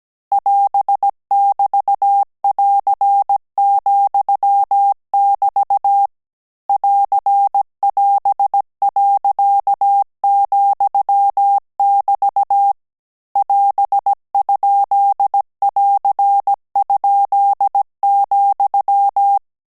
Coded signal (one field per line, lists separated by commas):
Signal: Morse code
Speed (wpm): 17 wpm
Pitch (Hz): 800 Hz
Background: none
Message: <AS><BT><AR>,<BT> <AR><AS>.,<BT> <AS>?<AR>?,